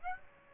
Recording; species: mosquito wingbeat signal from an infrared sensor; Aedes aegypti